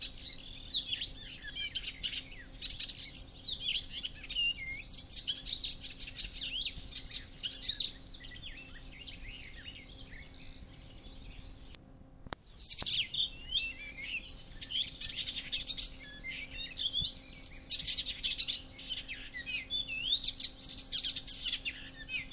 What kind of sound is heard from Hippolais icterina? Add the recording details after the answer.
song. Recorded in the wild. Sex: male. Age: adult. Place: Möhrendorf, Bayern, DE. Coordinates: 49.6372, 10.9831. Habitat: pond. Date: 1961-05-14. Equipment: Stellavox SM 4, Original, Vollspur. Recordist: Tretzel, Erwin